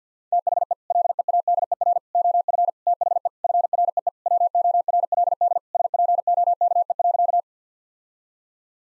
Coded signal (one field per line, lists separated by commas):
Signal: Morse code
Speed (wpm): 50 wpm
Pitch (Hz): 700 Hz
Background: none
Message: THE LEADER OF THE FREE WORLD SPOKE.